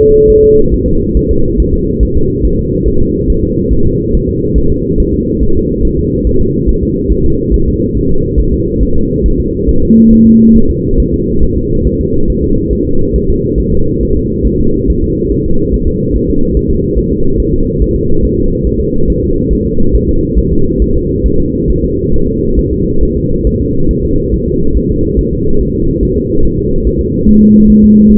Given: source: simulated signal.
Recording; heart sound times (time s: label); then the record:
fetal heart sounds
0.00 s: S2
0.30 s: S1
0.44 s: S2
0.74 s: S1
0.88 s: S2
1.17 s: S1
1.31 s: S2
1.60 s: S1
1.74 s: S2
2.03 s: S1
2.17 s: S2
2.45 s: S1
2.59 s: S2
2.88 s: S1
3.02 s: S2
3.30 s: S1
3.44 s: S2
3.73 s: S1
3.87 s: S2
4.15 s: S1
4.29 s: S2
4.58 s: S1
4.72 s: S2
5.00 s: S1
5.14 s: S2
5.43 s: S1
5.57 s: S2
5.85 s: S1
5.99 s: S2
6.27 s: S1
6.41 s: S2
6.69 s: S1
6.83 s: S2
7.12 s: S1
7.26 s: S2
7.54 s: S1
7.68 s: S2
7.97 s: S1
8.11 s: S2
8.40 s: S1
8.54 s: S2
8.83 s: S1
8.97 s: S2
9.26 s: S1
9.40 s: S2
9.69 s: S1
9.83 s: S2
10.13 s: S1
10.27 s: S2
10.57 s: S1
10.71 s: S2
11.00 s: S1
11.14 s: S2
11.44 s: S1
11.58 s: S2
11.87 s: S1
12.01 s: S2
12.30 s: S1
12.44 s: S2
12.73 s: S1
12.87 s: S2
13.16 s: S1
13.30 s: S2
13.60 s: S1
13.74 s: S2
14.03 s: S1
14.17 s: S2
14.47 s: S1
14.61 s: S2
14.90 s: S1
15.04 s: S2
15.32 s: S1
15.46 s: S2
15.74 s: S1
15.88 s: S2
16.16 s: S1
16.30 s: S2
16.57 s: S1
16.71 s: S2
16.99 s: S1
17.13 s: S2
17.40 s: S1
17.54 s: S2
17.82 s: S1
17.96 s: S2
18.25 s: S1
18.39 s: S2
18.67 s: S1
18.81 s: S2
19.10 s: S1
19.24 s: S2
19.53 s: S1
19.67 s: S2
19.95 s: S1
20.09 s: S2
20.39 s: S1
20.53 s: S2
20.82 s: S1
20.96 s: S2
21.26 s: S1
21.40 s: S2
21.70 s: S1
21.84 s: S2
22.14 s: S1
22.28 s: S2
22.59 s: S1
22.73 s: S2
23.03 s: S1
23.17 s: S2
23.47 s: S1
23.61 s: S2
23.91 s: S1
24.05 s: S2
24.34 s: S1
24.48 s: S2
24.77 s: S1
24.91 s: S2
25.19 s: S1
25.33 s: S2
25.61 s: S1
25.75 s: S2
26.03 s: S1
26.17 s: S2
26.45 s: S1
26.59 s: S2
26.87 s: S1
27.01 s: S2
27.29 s: S1
27.43 s: S2
27.70 s: S1
27.84 s: S2
28.12 s: S1
From the record:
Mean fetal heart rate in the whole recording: 140 bpm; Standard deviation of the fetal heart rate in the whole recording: 2 bpm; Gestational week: 34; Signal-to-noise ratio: -17.7 dB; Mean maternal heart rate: 72 bpm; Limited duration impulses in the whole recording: present